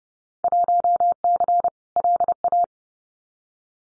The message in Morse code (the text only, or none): 1C LA